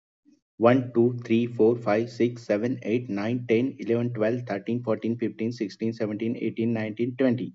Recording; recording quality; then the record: counting at a fast pace; excellent, no background noise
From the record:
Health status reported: healthy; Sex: male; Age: 31 years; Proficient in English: yes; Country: India